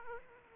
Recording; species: mosquito wingbeat signal from an infrared sensor; Aedes aegypti